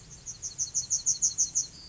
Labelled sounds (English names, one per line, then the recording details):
Yellowhammer song
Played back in grassland
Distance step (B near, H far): D
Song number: 040